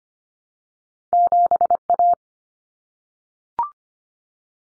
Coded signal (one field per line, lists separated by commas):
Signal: Morse code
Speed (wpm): 25 wpm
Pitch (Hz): 700 Hz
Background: none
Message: 7A